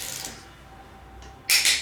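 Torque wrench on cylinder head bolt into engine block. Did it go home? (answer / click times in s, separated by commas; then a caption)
yes / 1.5 s. A torque wrench is pulled one more time on a cylinder head bolt going into a Ford 302 engine block to recheck the torque. After a quiet stretch, a single sharp click sounds at 1.5 s, with a second burst shortly after. The wrench clicks, confirming the bolt is at torque.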